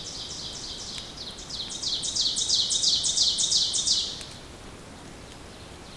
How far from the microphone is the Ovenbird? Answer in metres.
about 25 m